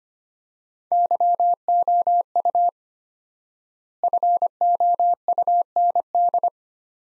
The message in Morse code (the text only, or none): YOU FOUND